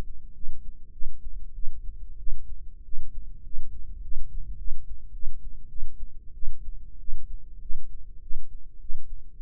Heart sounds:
heart sounds by microphone in the right ear; 100 bpm
0.33 s: heartbeat
0.91 s: heartbeat
1.53 s: heartbeat
2.16 s: heartbeat
2.82 s: heartbeat
3.42 s: heartbeat
4.00 s: heartbeat
4.56 s: heartbeat
5.11 s: heartbeat
5.67 s: heartbeat
6.32 s: heartbeat
6.98 s: heartbeat
7.59 s: heartbeat
8.20 s: heartbeat
8.79 s: heartbeat
9.34 s: heartbeat
From the record:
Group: healthy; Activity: rest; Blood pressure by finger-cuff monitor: 115/81 mmHg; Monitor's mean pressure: 93 mmHg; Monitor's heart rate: 100 bpm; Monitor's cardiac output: 7.8 L/min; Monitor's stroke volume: 79 mL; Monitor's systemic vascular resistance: 870 dyn s/cm5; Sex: female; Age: 19 years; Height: 163 cm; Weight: 51 kg

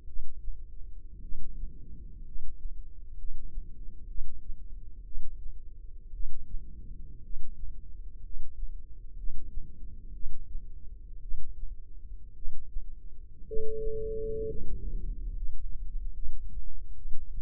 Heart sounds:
heart sounds by microphone in the left ear; 60 bpm
0.04 s: heartbeat
1.20 s: heartbeat
2.23 s: heartbeat
3.15 s: heartbeat
4.06 s: heartbeat
5.03 s: heartbeat
6.11 s: heartbeat
7.21 s: heartbeat
8.21 s: heartbeat
9.14 s: heartbeat
10.11 s: heartbeat
11.20 s: heartbeat
12.33 s: heartbeat
13.44 s: heartbeat
14.44 s: heartbeat
15.31 s: heartbeat
16.13 s: heartbeat
16.95 s: heartbeat
From the record:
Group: healthy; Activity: rest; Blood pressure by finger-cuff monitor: 141/69 mmHg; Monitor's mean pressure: 90 mmHg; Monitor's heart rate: 58 bpm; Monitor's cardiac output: 6 L/min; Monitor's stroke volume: 102 mL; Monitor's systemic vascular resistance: 1130 dyn s/cm5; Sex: male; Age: 25 years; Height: 170 cm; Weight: 70.4 kg

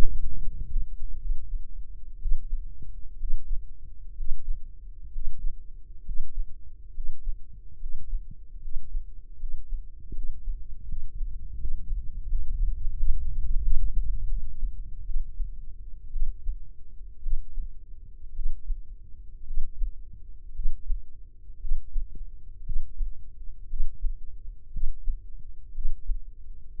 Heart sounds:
heart sounds by microphone in the left ear; 66 bpm
0.41 s: heartbeat
1.19 s: heartbeat
2.19 s: heartbeat
3.16 s: heartbeat
4.13 s: heartbeat
5.08 s: heartbeat
6.01 s: heartbeat
6.90 s: heartbeat
7.76 s: heartbeat
8.57 s: heartbeat
9.35 s: heartbeat
10.11 s: heartbeat
10.84 s: heartbeat
11.56 s: heartbeat
12.25 s: heartbeat
12.94 s: heartbeat
13.60 s: heartbeat
14.26 s: heartbeat
15.03 s: heartbeat
16.10 s: heartbeat
17.20 s: heartbeat
18.32 s: heartbeat
19.44 s: heartbeat
20.52 s: heartbeat
21.58 s: heartbeat
22.63 s: heartbeat
23.67 s: heartbeat
24.70 s: heartbeat
25.71 s: heartbeat
26.74 s: heartbeat
From the record:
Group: healthy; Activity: Valsalva maneuver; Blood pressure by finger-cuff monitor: 122/69 mmHg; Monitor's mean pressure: 87 mmHg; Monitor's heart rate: 61 bpm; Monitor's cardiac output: 5.9 L/min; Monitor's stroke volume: 91 mL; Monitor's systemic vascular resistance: 1000 dyn s/cm5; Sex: female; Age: 23 years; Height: 160 cm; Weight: 50.4 kg

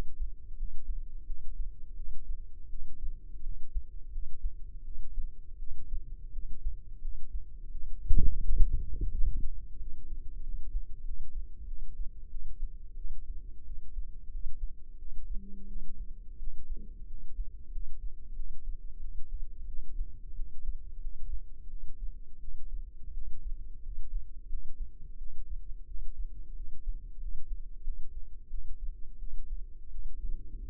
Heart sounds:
heart sounds by microphone in the left ear; 88 bpm
0.54 s: heartbeat
1.24 s: heartbeat
1.94 s: heartbeat
2.67 s: heartbeat
3.41 s: heartbeat
4.09 s: heartbeat
4.82 s: heartbeat
5.56 s: heartbeat
6.30 s: heartbeat
6.99 s: heartbeat
7.69 s: heartbeat
8.39 s: heartbeat
9.09 s: heartbeat
9.77 s: heartbeat
10.41 s: heartbeat
11.02 s: heartbeat
11.65 s: heartbeat
12.28 s: heartbeat
12.94 s: heartbeat
13.63 s: heartbeat
14.28 s: heartbeat
14.96 s: heartbeat
15.65 s: heartbeat
16.36 s: heartbeat
17.05 s: heartbeat
17.69 s: heartbeat
18.33 s: heartbeat
18.98 s: heartbeat
19.65 s: heartbeat
20.34 s: heartbeat
20.98 s: heartbeat
21.67 s: heartbeat
22.38 s: heartbeat
23.11 s: heartbeat
23.80 s: heartbeat
24.47 s: heartbeat
25.15 s: heartbeat
25.84 s: heartbeat
26.54 s: heartbeat
27.18 s: heartbeat
27.82 s: heartbeat
28.48 s: heartbeat
29.16 s: heartbeat
29.89 s: heartbeat
30.62 s: heartbeat
From the record:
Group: healthy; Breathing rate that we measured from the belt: 17 breaths a minute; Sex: female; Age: 19 years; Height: 163 cm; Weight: 48.9 kg

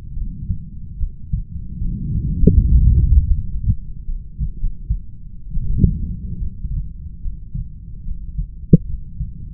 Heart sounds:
heart sounds by stethoscope; 76 bpm
0.15 s: heartbeat
0.99 s: heartbeat
1.80 s: heartbeat
2.38 s: heartbeat
3.29 s: heartbeat
4.07 s: heartbeat
4.59 s: heartbeat
5.54 s: heartbeat
6.39 s: heartbeat
7.22 s: heartbeat
8.04 s: heartbeat
8.86 s: heartbeat
From the record:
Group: heart failure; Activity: rest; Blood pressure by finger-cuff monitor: 85/53 mmHg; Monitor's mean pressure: 63 mmHg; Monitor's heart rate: 69 bpm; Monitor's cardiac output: 6.7 L/min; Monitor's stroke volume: 86 mL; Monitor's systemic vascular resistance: 700 dyn s/cm5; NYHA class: 1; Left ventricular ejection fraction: 39%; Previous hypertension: present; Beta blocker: carvedilol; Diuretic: furosemide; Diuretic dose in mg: 20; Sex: male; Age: 60 years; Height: 178 cm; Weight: 62 kg

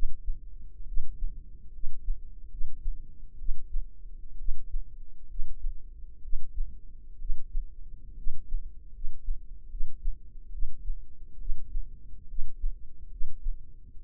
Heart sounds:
heart sounds by microphone in the left ear; 68 bpm
0.85 s: heartbeat
1.71 s: heartbeat
2.48 s: heartbeat
3.37 s: heartbeat
4.36 s: heartbeat
5.27 s: heartbeat
6.21 s: heartbeat
7.17 s: heartbeat
8.14 s: heartbeat
8.91 s: heartbeat
9.68 s: heartbeat
10.50 s: heartbeat
11.37 s: heartbeat
12.26 s: heartbeat
13.09 s: heartbeat
14.01 s: heartbeat
From the record:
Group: healthy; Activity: rest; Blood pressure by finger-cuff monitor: 104/71 mmHg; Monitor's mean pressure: 82 mmHg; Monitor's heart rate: 67 bpm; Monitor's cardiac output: 5.6 L/min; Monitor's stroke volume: 82 mL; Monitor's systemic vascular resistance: 1060 dyn s/cm5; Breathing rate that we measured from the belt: 17 breaths a minute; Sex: female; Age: 22 years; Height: 157 cm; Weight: 47.6 kg

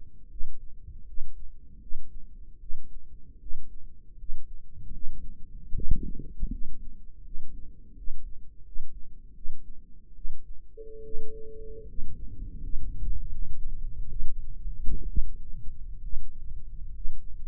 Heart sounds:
heart sounds by microphone in the right ear; 76 bpm
0.29 s: heartbeat
1.05 s: heartbeat
1.80 s: heartbeat
2.60 s: heartbeat
3.39 s: heartbeat
4.17 s: heartbeat
4.92 s: heartbeat
5.74 s: heartbeat
6.51 s: heartbeat
7.23 s: heartbeat
7.95 s: heartbeat
8.64 s: heartbeat
9.34 s: heartbeat
10.15 s: heartbeat
11.03 s: heartbeat
11.86 s: heartbeat
12.60 s: heartbeat
13.29 s: heartbeat
14.09 s: heartbeat
15.07 s: heartbeat
16.02 s: heartbeat
16.93 s: heartbeat
From the record:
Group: healthy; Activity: rest 0-12 s, Valsalva maneuver 12-18 s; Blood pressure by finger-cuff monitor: 92/61 mmHg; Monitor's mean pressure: 69 mmHg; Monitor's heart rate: 77 bpm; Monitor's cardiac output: 5.9 L/min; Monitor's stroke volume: 76 mL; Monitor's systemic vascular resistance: 810 dyn s/cm5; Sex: female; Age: 22 years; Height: 163 cm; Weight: 67.1 kg

